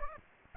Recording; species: mosquito wingbeat signal from an infrared sensor; Aedes aegypti